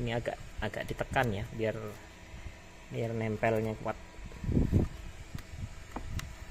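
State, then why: Seated. A balance or cable connector is pressed into the BMS socket of a 48 V 100 Ah battery pack fitted with a Jikong BMS. Someone talks while pushing it in, followed by faint handling noise and small ticks. The connector seats with a short click at 6.2 s.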